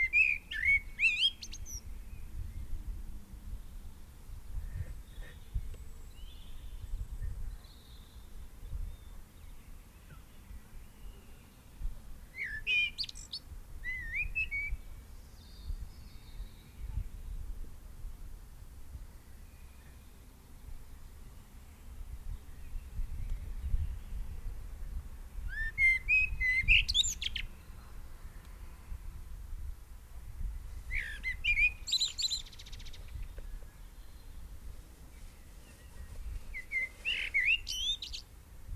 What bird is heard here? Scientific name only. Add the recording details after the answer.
Turdus merula. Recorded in the wild. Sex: male. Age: adult. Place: Garmisch-Partenkirchen, Bayern, DE. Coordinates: 47.4931, 11.0636. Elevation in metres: 784. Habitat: mountains. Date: 1968-04-20. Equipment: Nagra. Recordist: Tretzel, Erwin